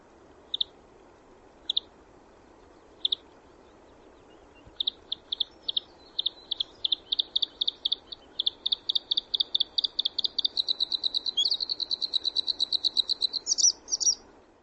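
Bird giving a few widely spaced high chirps that speed up into a rapid, buzzy trill, then a couple of final notes, over a low background hum.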